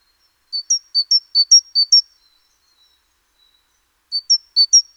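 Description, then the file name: Great tit song: a quick series of thin, high two-pitched notes alternating low and high, about eight in a burst, a pause, then four more. "Parus major"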